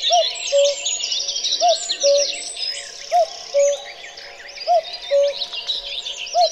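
Cuckoo calling cu-coo, a short higher note then a lower one, repeated regularly four times and the start of a fifth, with many small birds chirping and trilling above.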